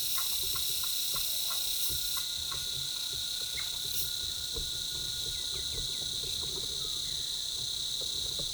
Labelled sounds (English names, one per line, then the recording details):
White-winged Becard
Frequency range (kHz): White-winged Becard 1.7-3.1 kHz
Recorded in forest near Pivijay, Magdalena, Colombia, on 13 April 2023 at 08:30
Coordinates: 10.467, -74.380
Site Z5-G034